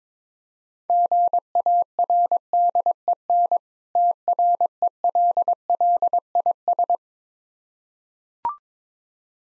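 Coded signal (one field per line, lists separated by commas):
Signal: Morse code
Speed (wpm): 22 wpm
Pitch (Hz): 700 Hz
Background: none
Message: GARDEN TRELLIS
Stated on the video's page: Morse code practice of difficult words with contextual hints at 17 wpm.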